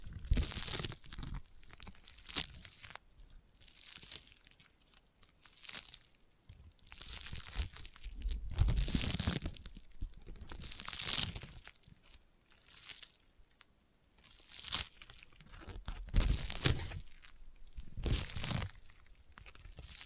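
Sticky tapping and sticky triggers come in bright, crackling bursts, each a second or so long with a tacky peeling texture. They repeat irregularly every couple of seconds across the whole stretch, with brief quiet gaps between, and some bursts are louder and fuller than others.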